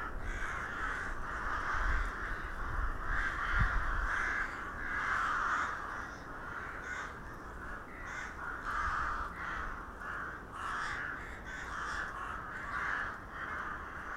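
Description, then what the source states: A crow flock calling continuously, rough caws stacking into pulsing bursts, with low rumbling noise beneath. Crows recorded in Hernals, Vienna, in December 2021.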